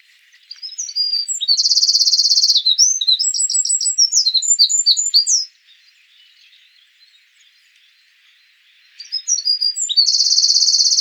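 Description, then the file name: Eurasian wren song: loud, rapid high-pitched notes with a fast buzzy trill, then a pause of several seconds before another burst of trilling song. "Troglodytes troglodytes"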